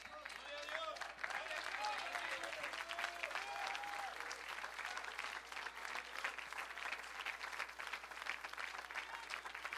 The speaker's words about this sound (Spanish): Ahora ustedes creen que con ese aplausito ya complacieron a Dios.